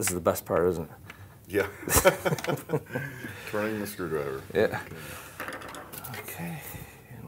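Someone talks while reassembling a Gaggia Titanium espresso machine grinder, picking up a removed plastic grinder part and lining it up to go back onto the grinder assembly. Brief handling knocks are heard around 5.4 s and 6.0 s. The part has not clicked into place yet.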